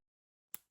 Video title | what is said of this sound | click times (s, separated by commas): How to Set Rivets? : Leather Work Beginner Course Day 35 | this click sound this helps keep the rivet in place before setting it | 0.5 s